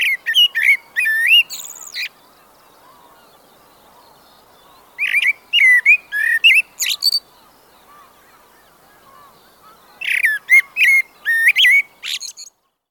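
Blackbird song with three phrases spaced roughly every five seconds, each of low warbled whistles followed by squeaky high twitters, quiet pauses between.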